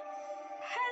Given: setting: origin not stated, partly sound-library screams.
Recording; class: one-second piece from a danger detection set; woman in danger